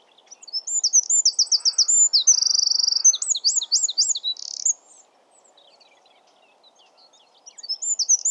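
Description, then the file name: Eurasian wren song: a loud, rapid stream of high trills and buzzy rattles lasting about four seconds, then a pause before another burst begins. "Troglodytes troglodytes"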